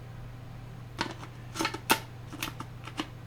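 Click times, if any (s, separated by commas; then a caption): none. A 3D-printed plastic back case is handled and slid over a 7-inch touchscreen display, with its HDMI and power cutout lined up. Short plastic taps and scrapes sound around 1.0, 1.6, 1.9, 2.4 and 3.0 seconds over a steady low hum. Nothing has seated or clicked yet.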